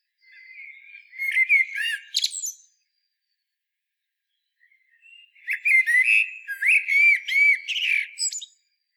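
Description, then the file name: Common blackbird song in two bursts: low, flute-like warbles topped with thin, high squeaky notes, separated by about two seconds of quiet. "Turdus merula"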